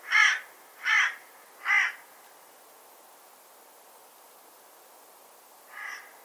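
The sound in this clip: Bird giving harsh, cawing calls: three quick loud caws about a second apart, then a pause and one fainter caw near the end.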